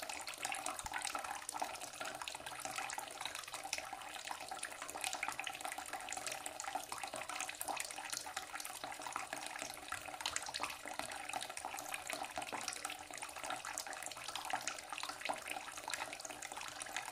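Water pours steadily into a small pool, a dense, bright, constant splashing hiss with small bubbling flickers and no pauses.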